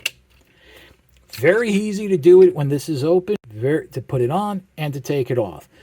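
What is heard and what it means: A plastic chest plate with two tabs is pressed onto the combiner torso of a Transformers Studio Series 86 Devastator toy figure, and a sharp snap at 0.1 s marks the tabs seating into place. Afterward, someone talks.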